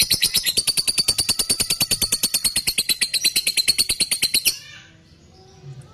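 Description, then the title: Lovebird chattering song, a fast run of sharp, high buzzy notes for about four and a half seconds, then stopping abruptly into quiet. Lovebird said to be very good at 'memancing', provoking other birds to call. "Dari Gayanya Lovebird Ini Terlihat Pintar Sekali Memancing"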